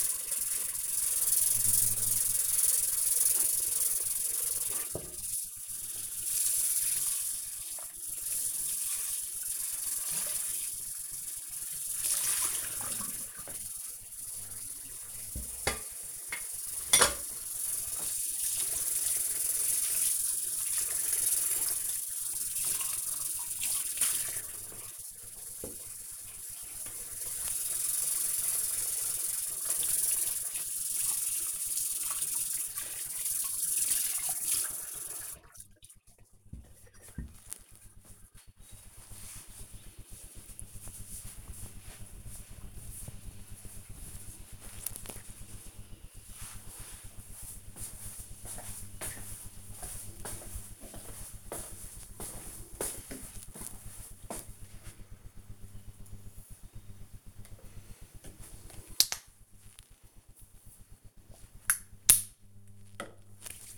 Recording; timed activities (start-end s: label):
household activities, microphone on the right wrist
0.00-36.31 s: washing dishes
56.46-63.78 s: disinfecting hands